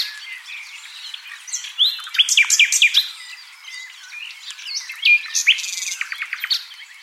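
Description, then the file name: Common nightingale singing rich varied phrases, with loud bursts of fast chattering notes and whistles, a quieter pause, then another rapid run of repeated clicks. "Luscinia megarhynchos"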